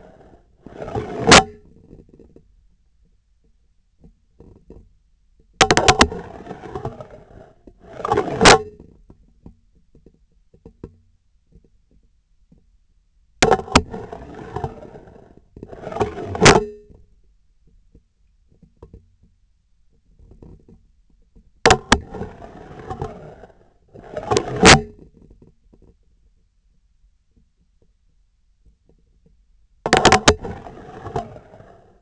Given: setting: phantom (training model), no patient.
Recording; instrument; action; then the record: laparoscopic instrument, vibration sensor on the handle end; scissors; insertion and removal through the trocar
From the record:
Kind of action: spatial motion